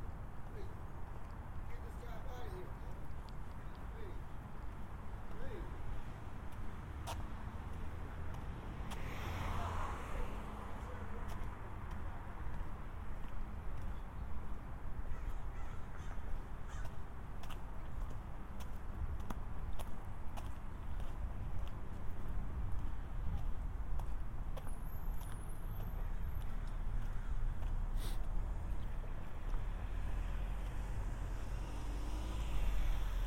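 A binaural walk through San Diego, with a steady low rumble of traffic filling the whole stretch. Sharp clicks and taps, likely footsteps, recur throughout, a vehicle swells past around ten seconds, and a brief high chirp, perhaps a bird, sounds near twenty-five seconds.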